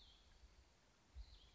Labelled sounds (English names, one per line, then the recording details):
Cassin's Vireo
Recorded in Sonoma County, California